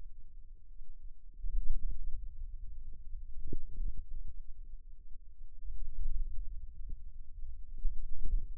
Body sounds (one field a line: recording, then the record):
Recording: forearm muscle sounds (acoustic myography)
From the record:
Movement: hand closing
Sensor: system 2, bracelet of six BSWA MPA416 microphones around the upper forearm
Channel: 5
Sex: female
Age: 22 years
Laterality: right